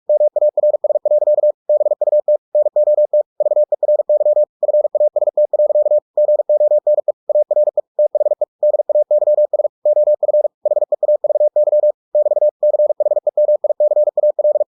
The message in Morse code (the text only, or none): MARS. BUT NOT VERY FAST. GONE ARE THE DAYS OF HEAVY <BT> CHEMICAL